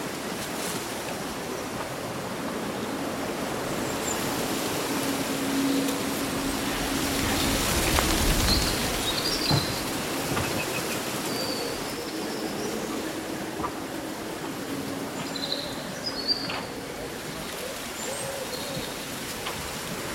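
Wind on a summer day keeps up a steady, dense rush of rustling leaves, swelling to a louder gust around eight seconds. Short, high bird calls chirp now and then above it, and a faint low hum runs underneath.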